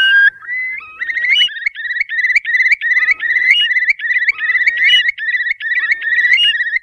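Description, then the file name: Curlew opens with a couple of whistles, the second rising slightly, then delivers repeated bubbling trill bursts of rapid, looping notes, separated by brief breaks, to the end. "CHIURLI"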